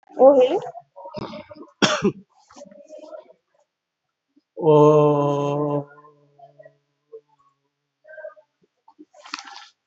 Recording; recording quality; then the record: sustained vowel as in boot; moderate, slight background noise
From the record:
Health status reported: COVID-19 positive, mild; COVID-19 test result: positive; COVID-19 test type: RT-PCR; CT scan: not taken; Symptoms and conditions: cough, cold, fever, fatigue, loss of smell and taste, hypertension, diabetes, another condition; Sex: male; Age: 56 years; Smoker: no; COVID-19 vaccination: none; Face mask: not worn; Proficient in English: yes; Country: India